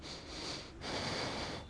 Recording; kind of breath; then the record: one breath in and out by a microphone near the nose and mouth; deep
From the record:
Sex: male